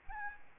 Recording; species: mosquito wingbeat signal from an infrared sensor; Aedes albopictus